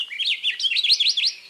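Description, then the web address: Akiapolaau giving a quick run of bright, looping whistled notes with sharp up-and-down sweeps, in an even, lively rhythm. Endangered Hawaiian honeycreeper found only in the upper elevations of the Big Island of Hawaii. "Birdnote. The Endangered Akiapolaau"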